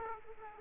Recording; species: mosquito wingbeat signal from an infrared sensor; Aedes aegypti